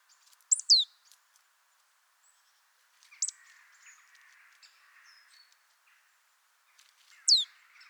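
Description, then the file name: Marsh tit calling with sharp, high notes that sweep steeply downward, heard three times several seconds apart, with softer twittering between them. "Poecile palustris"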